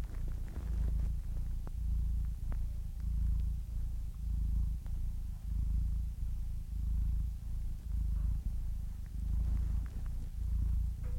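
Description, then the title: Domestic cat purring, a low thrumming sound in regular breath-paced bursts about once a second, with faint clicks between. Compilation of cats ranging from kittens to old cats. "The Ultimate Compilation of Adorable Cat Meows 🐱😺 #CatMeows #CuteKittens"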